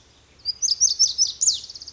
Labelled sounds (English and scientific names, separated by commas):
Lazuli Bunting (Passerina amoena)